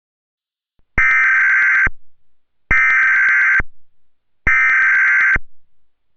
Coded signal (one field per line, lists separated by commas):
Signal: Emergency Alert System (SAME) tones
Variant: header bursts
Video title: EAS Mock - Mobius City Severe T'Storms (Remastered)